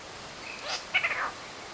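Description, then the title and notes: Squirrel cuckoo calls, a short run of sharp, clipped notes in quick succession after a fainter high note, over a steady hiss. "Alma De Gato Piaya Cayan. Squirrel Cuckoo (Piaya cayana). canto do Tincoã"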